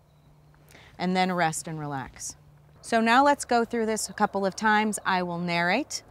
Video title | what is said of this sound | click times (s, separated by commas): Walther Training Tips: Draw and Fire | and slowly seat until it clicks | 0.7 s